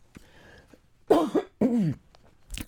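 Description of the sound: Two harsh, voiced coughs in quick succession from an adult woman with a troubled voice, in a quiet room.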